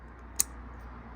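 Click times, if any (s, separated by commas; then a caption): 0.4 s. A plastic retaining clip on a Ford Focus Mk3.5 2.0 Duratorq diesel is pushed back into its engine bay fitting during a fuel filter replacement. A single sharp, bright click at 0.4 s stands out against a low steady hum. The clip seats back in place.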